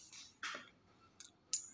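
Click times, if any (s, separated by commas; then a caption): 1.5 s. A reassembled metal tap spindle is tightened back into a brass tap body until it is locked. A soft scrape and a small tick at about 1.2 s lead to a sharp metallic hit at 1.5 s. The spindle is tightened and locked in place.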